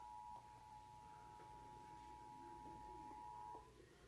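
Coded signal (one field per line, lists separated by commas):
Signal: Emergency Alert System (SAME) tones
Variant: 853 and 960 Hz attention tone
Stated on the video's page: Utah statewide monthly EAS test.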